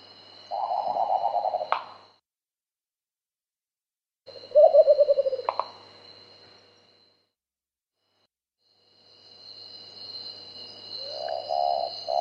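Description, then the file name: Marbled frogmouth giving two pulsed trills, each closed by a loud click, then after a silent gap a further series of hooting notes, with a steady insect drone. Papua New Guinea. "Poda Ocel Sam 2010"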